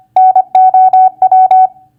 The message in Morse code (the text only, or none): NOW